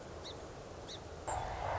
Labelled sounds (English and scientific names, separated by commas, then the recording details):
Song Sparrow (Melospiza melodia)
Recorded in Sonoma County, California